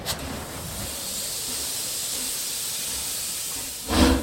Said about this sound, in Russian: Поезд тронулся в 5 часов. И шел без остановок.